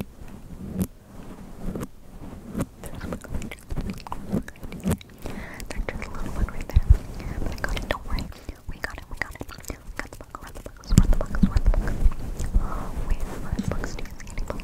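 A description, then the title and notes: Mic sounds: dense, irregular clicks, taps and rustles, with soft whispery and mouth-like noises mixed in. Most activity is low and full, with sharp bright snaps scattered throughout, growing louder and busier after about eleven seconds. ASMR Searching For bugs (Intense Mic Sounds).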